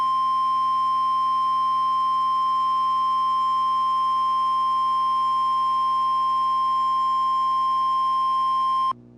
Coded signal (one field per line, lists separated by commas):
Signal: Emergency Alert System (SAME) tones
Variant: 1050 Hz attention tone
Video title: Required Weekly Tests 12/16/2020 (EAS #158-163)